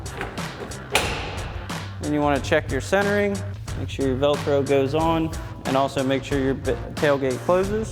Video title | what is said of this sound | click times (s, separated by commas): 2010-2024 RAM 2500 Truxedo Lo Pro Soft Roll-Up Tonneau Cover Review & Install | Give that a push down and make sure it locks. | 0.9 s